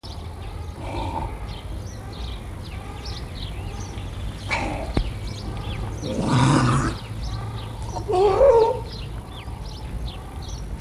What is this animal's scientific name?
Halichoerus grypus